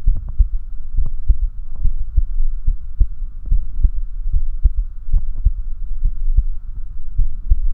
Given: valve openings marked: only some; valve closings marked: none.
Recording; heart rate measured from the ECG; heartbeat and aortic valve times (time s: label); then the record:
heart sounds by stethoscope; 67 bpm
0.10 s: heartbeat (ECG mark)
0.15 s: aortic valve opens (echo mark)
1.00 s: heartbeat (ECG mark)
1.05 s: aortic valve opens (echo mark)
1.87 s: heartbeat (ECG mark)
1.92 s: aortic valve opens (echo mark)
2.70 s: heartbeat (ECG mark)
3.54 s: heartbeat (ECG mark)
3.59 s: aortic valve opens (echo mark)
4.36 s: heartbeat (ECG mark)
4.41 s: aortic valve opens (echo mark)
5.16 s: heartbeat (ECG mark)
5.21 s: aortic valve opens (echo mark)
6.08 s: heartbeat (ECG mark)
7.21 s: heartbeat (ECG mark)
7.25 s: aortic valve opens (echo mark)
From the record:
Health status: healthy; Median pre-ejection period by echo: 50 ms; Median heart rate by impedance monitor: 69 bpm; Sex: male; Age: 19 years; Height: 170 cm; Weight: 63 kg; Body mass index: 21.80